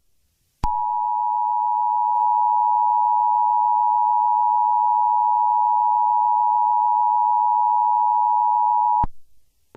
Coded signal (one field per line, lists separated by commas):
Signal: Emergency Alert System (SAME) tones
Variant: 853 and 960 Hz attention tone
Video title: EAS Scenario #11: The Nordic Revival.